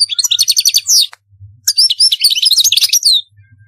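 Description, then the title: European goldfinch song in two rapid phrases: rhythmic trilled notes, a short break, then jumbled liquid twittering and buzzy notes. "Chant Chardonneret"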